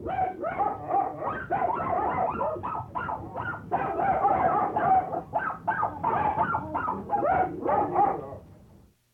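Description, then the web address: Dog: puppies yipping and whining nonstop, many overlapping squeaky high barks and whimpers tumbling over one another throughout. Several puppies in a pet shop. "Tierstimmen welpen zoohandlung"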